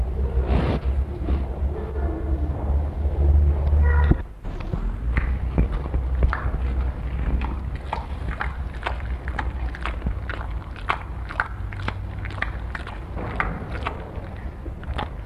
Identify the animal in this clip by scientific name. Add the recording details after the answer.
Phacochoerus africanus. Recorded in captivity. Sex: male. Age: adult. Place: Zoo Hannover, Niedersachsen, DE. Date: 1960-11-30 16:50. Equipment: Minifon, Kopie Smaragd. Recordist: Tembrock, Günter